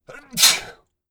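A single adult human sneeze: a brief soft inhalation followed by a sharp, hissing burst.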